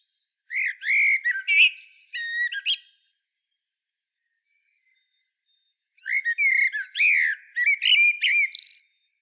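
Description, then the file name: Common blackbird song: two phrases of low mellow whistles breaking into high, rapid twittering, separated by a three-second pause. "Turdus merula"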